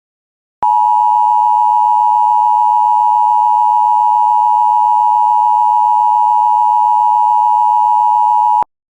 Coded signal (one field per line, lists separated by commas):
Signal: Emergency Alert System (SAME) tones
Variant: 853 and 960 Hz attention tone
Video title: Tornado Warning for Martin and Watonwan, MN (EAS #156)